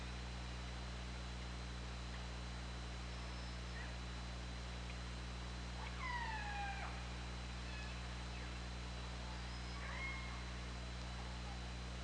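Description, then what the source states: Killer whale calls: a strong downswept harmonic cry around the middle, a few faint calls before it, and another short call later, against steady low hydrophone hum. Recorded on the OrcaLab hydrophone, 24 August 2017, at 20:23.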